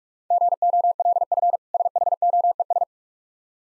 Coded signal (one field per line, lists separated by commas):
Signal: Morse code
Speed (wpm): 46 wpm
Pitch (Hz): 700 Hz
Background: none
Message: GOLF SHOES